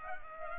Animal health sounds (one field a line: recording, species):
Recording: mosquito wingbeat signal from an infrared sensor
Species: Culex pipiens